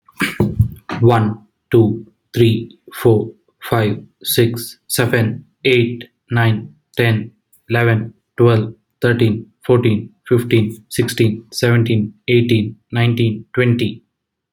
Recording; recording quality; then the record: counting at a normal pace; excellent, no background noise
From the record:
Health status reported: healthy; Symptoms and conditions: none ticked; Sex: male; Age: 37 years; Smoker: yes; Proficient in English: yes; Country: India